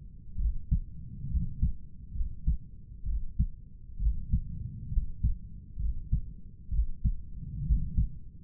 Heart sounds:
heart sounds by stethoscope; 66 bpm
0.39 s: heartbeat
1.31 s: heartbeat
2.16 s: heartbeat
3.07 s: heartbeat
4.01 s: heartbeat
4.93 s: heartbeat
5.80 s: heartbeat
6.72 s: heartbeat
7.66 s: heartbeat
From the record:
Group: healthy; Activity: rest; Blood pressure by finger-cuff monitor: 141/94 mmHg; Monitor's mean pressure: 107 mmHg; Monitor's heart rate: 66 bpm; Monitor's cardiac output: 6.9 L/min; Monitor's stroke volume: 102 mL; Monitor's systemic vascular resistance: 1160 dyn s/cm5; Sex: male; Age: 30 years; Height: 188 cm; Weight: 110.2 kg

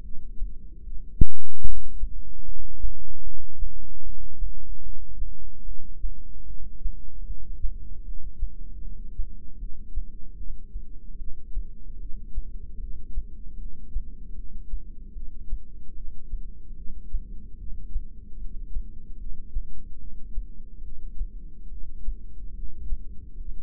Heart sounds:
heart sounds by microphone in the left ear; 75 bpm
0.03 s: heartbeat
0.84 s: heartbeat
1.65 s: heartbeat
2.45 s: heartbeat
3.24 s: heartbeat
4.04 s: heartbeat
4.83 s: heartbeat
5.65 s: heartbeat
6.47 s: heartbeat
7.26 s: heartbeat
8.05 s: heartbeat
8.81 s: heartbeat
9.59 s: heartbeat
10.37 s: heartbeat
11.18 s: heartbeat
11.99 s: heartbeat
12.79 s: heartbeat
13.58 s: heartbeat
14.35 s: heartbeat
15.14 s: heartbeat
15.95 s: heartbeat
16.76 s: heartbeat
17.58 s: heartbeat
18.39 s: heartbeat
19.18 s: heartbeat
19.99 s: heartbeat
20.83 s: heartbeat
21.70 s: heartbeat
22.55 s: heartbeat
23.37 s: heartbeat
From the record:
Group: heart failure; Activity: rest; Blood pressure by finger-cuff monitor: 174/106 mmHg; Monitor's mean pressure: 129 mmHg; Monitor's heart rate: 75 bpm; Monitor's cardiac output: 7.8 L/min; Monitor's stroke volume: 104 mL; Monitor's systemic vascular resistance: 1250 dyn s/cm5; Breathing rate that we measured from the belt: 12 breaths a minute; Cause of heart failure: non-ischemic cardiomyopathy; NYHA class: 1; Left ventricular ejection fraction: 62%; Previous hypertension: present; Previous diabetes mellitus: present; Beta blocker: bisoprolol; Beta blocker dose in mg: 10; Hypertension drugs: sacubitril-valsartan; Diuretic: furosemide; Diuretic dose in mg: 20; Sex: male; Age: 49 years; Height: 167 cm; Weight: 110 kg

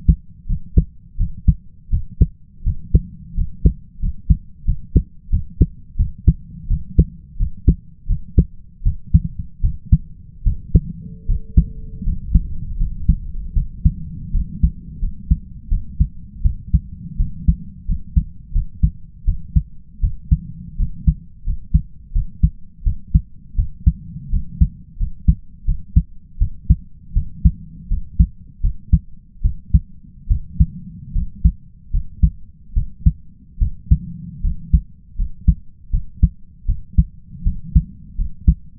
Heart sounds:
heart sounds by stethoscope; 81 bpm
0.46 s: heartbeat
1.17 s: heartbeat
1.90 s: heartbeat
2.63 s: heartbeat
3.34 s: heartbeat
3.99 s: heartbeat
4.65 s: heartbeat
5.30 s: heartbeat
5.96 s: heartbeat
6.68 s: heartbeat
7.37 s: heartbeat
8.07 s: heartbeat
8.83 s: heartbeat
9.61 s: heartbeat
10.43 s: heartbeat
11.26 s: heartbeat
12.04 s: heartbeat
12.78 s: heartbeat
13.54 s: heartbeat
14.32 s: heartbeat
15.00 s: heartbeat
15.69 s: heartbeat
16.42 s: heartbeat
17.17 s: heartbeat
17.86 s: heartbeat
18.53 s: heartbeat
19.25 s: heartbeat
20.01 s: heartbeat
20.77 s: heartbeat
21.44 s: heartbeat
22.13 s: heartbeat
22.84 s: heartbeat
23.56 s: heartbeat
24.30 s: heartbeat
24.98 s: heartbeat
25.65 s: heartbeat
26.39 s: heartbeat
27.14 s: heartbeat
27.88 s: heartbeat
28.61 s: heartbeat
29.42 s: heartbeat
30.28 s: heartbeat
31.13 s: heartbeat
31.91 s: heartbeat
32.74 s: heartbeat
33.59 s: heartbeat
34.42 s: heartbeat
35.16 s: heartbeat
35.91 s: heartbeat
36.66 s: heartbeat
37.44 s: heartbeat
38.16 s: heartbeat
From the record:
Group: healthy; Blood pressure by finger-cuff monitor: 102/63 mmHg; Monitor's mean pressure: 76 mmHg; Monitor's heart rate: 80 bpm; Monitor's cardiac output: 5.8 L/min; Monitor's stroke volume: 74 mL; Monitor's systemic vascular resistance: 940 dyn s/cm5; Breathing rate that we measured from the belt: 17 breaths a minute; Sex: male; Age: 20 years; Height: 167 cm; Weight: 61 kg

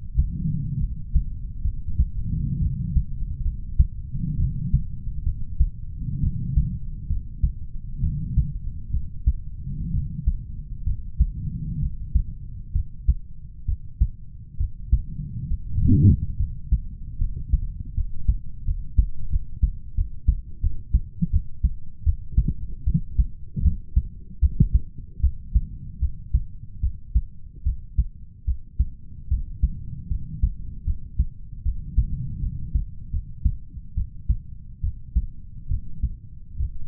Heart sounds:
heart sounds by stethoscope; 72 bpm
0.78 s: heartbeat
1.62 s: heartbeat
2.59 s: heartbeat
3.42 s: heartbeat
4.37 s: heartbeat
5.23 s: heartbeat
6.20 s: heartbeat
7.07 s: heartbeat
8.01 s: heartbeat
8.91 s: heartbeat
9.91 s: heartbeat
10.84 s: heartbeat
11.80 s: heartbeat
12.72 s: heartbeat
13.65 s: heartbeat
14.57 s: heartbeat
15.48 s: heartbeat
16.37 s: heartbeat
17.18 s: heartbeat
17.94 s: heartbeat
18.64 s: heartbeat
19.29 s: heartbeat
19.95 s: heartbeat
20.60 s: heartbeat
21.30 s: heartbeat
22.04 s: heartbeat
22.84 s: heartbeat
23.62 s: heartbeat
24.40 s: heartbeat
25.21 s: heartbeat
25.99 s: heartbeat
26.80 s: heartbeat
27.64 s: heartbeat
28.45 s: heartbeat
29.28 s: heartbeat
30.08 s: heartbeat
30.84 s: heartbeat
31.63 s: heartbeat
32.40 s: heartbeat
33.11 s: heartbeat
33.95 s: heartbeat
34.81 s: heartbeat
35.68 s: heartbeat
36.57 s: heartbeat
From the record:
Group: healthy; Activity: rest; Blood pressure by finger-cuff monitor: 97/67 mmHg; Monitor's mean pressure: 76 mmHg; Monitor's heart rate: 72 bpm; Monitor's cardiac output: 5.8 L/min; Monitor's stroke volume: 80 mL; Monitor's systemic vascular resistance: 960 dyn s/cm5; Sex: male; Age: 20 years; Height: 187 cm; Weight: 68.9 kg

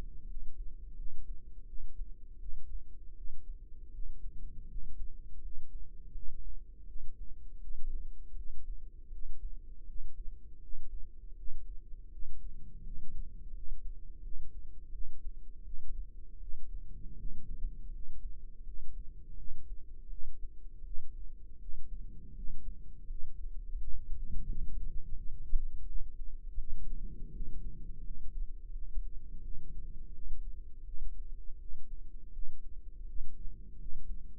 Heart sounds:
heart sounds by microphone in the right ear; 82 bpm
0.25 s: heartbeat
0.94 s: heartbeat
1.64 s: heartbeat
2.37 s: heartbeat
3.13 s: heartbeat
3.89 s: heartbeat
4.65 s: heartbeat
5.39 s: heartbeat
6.11 s: heartbeat
6.84 s: heartbeat
7.58 s: heartbeat
8.33 s: heartbeat
9.09 s: heartbeat
9.84 s: heartbeat
10.58 s: heartbeat
11.33 s: heartbeat
12.08 s: heartbeat
12.81 s: heartbeat
13.51 s: heartbeat
14.20 s: heartbeat
14.90 s: heartbeat
15.62 s: heartbeat
16.37 s: heartbeat
17.14 s: heartbeat
17.89 s: heartbeat
18.62 s: heartbeat
19.34 s: heartbeat
20.07 s: heartbeat
20.82 s: heartbeat
21.57 s: heartbeat
22.32 s: heartbeat
23.04 s: heartbeat
23.76 s: heartbeat
24.45 s: heartbeat
25.14 s: heartbeat
25.84 s: heartbeat
26.56 s: heartbeat
27.30 s: heartbeat
28.01 s: heartbeat
28.70 s: heartbeat
29.40 s: heartbeat
30.10 s: heartbeat
30.82 s: heartbeat
31.57 s: heartbeat
32.30 s: heartbeat
33.04 s: heartbeat
33.76 s: heartbeat
From the record:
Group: healthy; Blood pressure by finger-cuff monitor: 113/69 mmHg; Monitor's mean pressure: 83 mmHg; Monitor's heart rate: 83 bpm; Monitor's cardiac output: 7.6 L/min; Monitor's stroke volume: 93 mL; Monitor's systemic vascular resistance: 790 dyn s/cm5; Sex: male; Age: 33 years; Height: 179 cm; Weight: 80.4 kg

